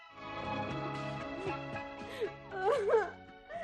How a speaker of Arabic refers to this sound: بطلي عياط غصب عني يا ماما.